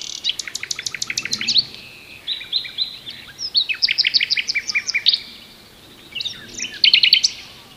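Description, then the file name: Common nightingale song: fast rattling trills of sharp clicks, then whistled phrases and more rapid repeated notes, delivered in loud bursts with brief gaps. "Luscinia megarhynchos"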